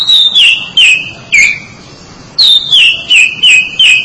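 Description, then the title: Oriental magpie-robin song of sweet descending whistles in two bursts separated by a short silence, each note slurring down from high to middle pitch. "Suara Kicauan Burung Kacer Durasi Panjang"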